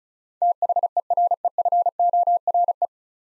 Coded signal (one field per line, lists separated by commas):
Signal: Morse code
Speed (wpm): 34 wpm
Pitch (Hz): 700 Hz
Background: none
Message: THEREFORE